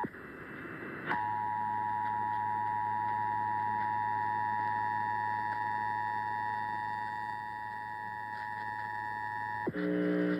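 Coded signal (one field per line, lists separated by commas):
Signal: Emergency Alert System (SAME) tones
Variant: 853 and 960 Hz attention tone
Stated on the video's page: EAS Required Monthly Test for Buffalo, NY.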